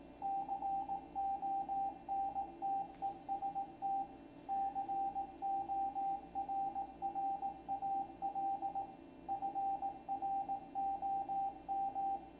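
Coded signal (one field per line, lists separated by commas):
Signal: Morse code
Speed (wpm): 18 wpm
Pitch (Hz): 790 Hz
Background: radio noise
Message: CONTEST CORRAL FROM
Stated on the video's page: Ham radio signals received with a Commodore 128 in C64 mode through a Kantronics interface.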